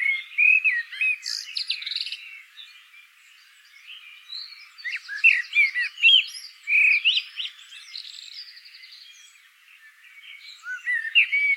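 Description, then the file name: Common blackbird singing warbled fluty phrases with squeaky, high twittering, in several bursts separated by quieter pauses. "Turdus merula"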